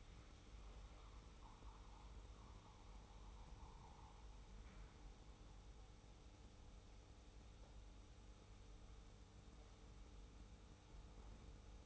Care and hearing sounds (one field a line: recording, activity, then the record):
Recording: daily activity, microphone in the room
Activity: make coffee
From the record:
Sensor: 1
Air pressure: 990.8 hPa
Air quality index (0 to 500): 138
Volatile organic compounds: 612 ppm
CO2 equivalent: 4953 ppm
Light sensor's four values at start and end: 23/54/23/25 and 23/54/23/25